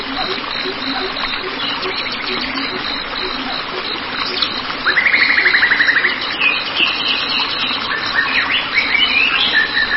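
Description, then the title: White-rumped shama song with a fast rattling trill midway among short whistles and chirps, over a low hum. "Kicau Murai Batu"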